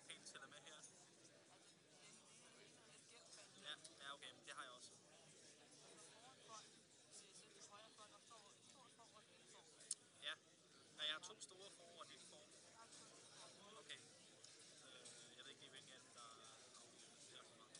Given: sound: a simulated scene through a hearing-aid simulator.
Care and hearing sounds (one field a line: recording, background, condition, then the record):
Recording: conversation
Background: cafeteria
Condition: -4 dB SNR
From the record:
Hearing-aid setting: standard clinical setting (NAL)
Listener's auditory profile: D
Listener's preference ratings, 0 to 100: 54, 29, 21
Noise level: 65 dB SPL